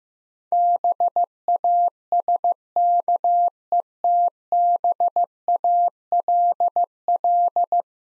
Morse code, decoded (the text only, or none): BASKETBALL